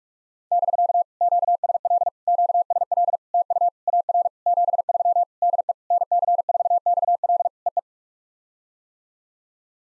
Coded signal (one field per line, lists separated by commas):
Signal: Morse code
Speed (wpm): 38 wpm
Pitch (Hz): 690 Hz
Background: none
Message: <BK> QSL QSL TU AR 73 DE NC4XL EE